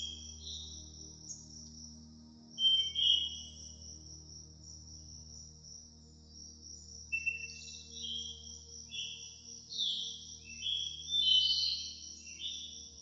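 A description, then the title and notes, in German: Birds chirp over soft music, their bright, quick calls arriving in bursts around three seconds, near seven, and a denser run from ten to twelve. Beneath them a low, steady musical hum holds throughout, with a thin high tone lingering above. Der authentische Klang der Vögel sich mit sanfter Musik vermengt. Der KLANG der VÖGEL, die Sanfte MUSIK.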